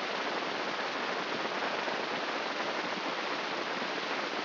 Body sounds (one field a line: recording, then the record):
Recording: brain microelectrode recording played as sound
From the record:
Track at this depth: outside the subthalamic nucleus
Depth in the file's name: 6.429 mm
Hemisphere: left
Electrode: 3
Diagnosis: Parkinson's disease